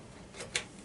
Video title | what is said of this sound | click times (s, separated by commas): DIRTY DELL INSPIRON to RGB BEAUTY - Transferring a Dell Inspiron ATX Motherboard into a NEW CASE! | So, we click that in. | 0.6 s